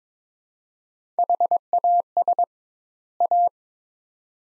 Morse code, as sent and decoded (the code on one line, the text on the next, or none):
.... .- ... / .-
HAS A